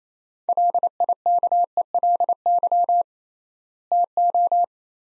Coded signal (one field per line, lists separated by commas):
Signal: Morse code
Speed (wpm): 28 wpm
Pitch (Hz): 700 Hz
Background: none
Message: LIKELY TO